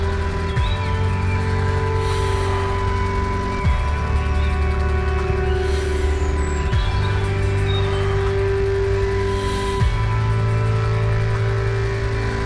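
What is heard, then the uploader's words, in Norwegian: A sound recording from Madrid: a loud, steady mechanical drone with low humming tones that dip and reset abruptly about every three seconds, in a regular cycle. Soft hissing puffs rise near 2, 6 and 10 seconds. Lyddagbok-Madrid-April-2011.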